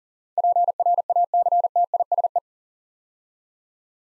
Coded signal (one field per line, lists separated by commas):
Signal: Morse code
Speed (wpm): 40 wpm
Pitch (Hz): 700 Hz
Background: none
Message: PRACTISE